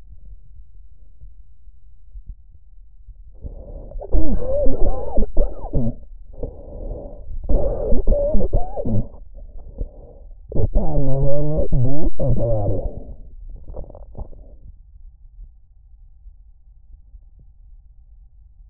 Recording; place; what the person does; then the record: lung sounds by stethoscope; trachea; quiet breathing, then cough and speech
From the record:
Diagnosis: interstitial lung disease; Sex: male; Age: 75 years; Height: 167 cm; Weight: 68 kg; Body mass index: 24.4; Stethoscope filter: extended mode